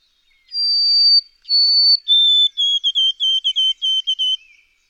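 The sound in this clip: White-throated sparrow singing clear, pure whistles: a long high note, a slightly lower one, then a drop into a string of short repeated notes.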